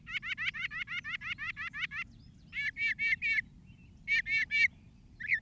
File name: Northern Mockingbird